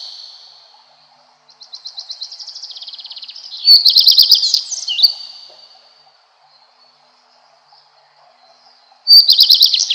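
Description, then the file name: Common Redstart repeating its song, a soft trill that builds into a loud high twittering phrase, silence for a few seconds, then another phrase starting. "Golosa ptic - Gorihvostka lysushka"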